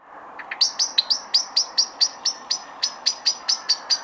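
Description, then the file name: Common blackbird calling a steady run of sharp, high clicking notes, several per second, continuing without a break for over three seconds. "Turdus merula"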